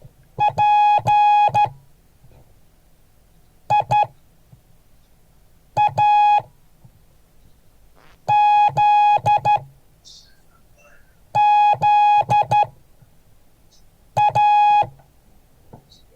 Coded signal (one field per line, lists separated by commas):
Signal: Morse code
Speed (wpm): 12 wpm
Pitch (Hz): 830 Hz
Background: none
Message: PIAZZA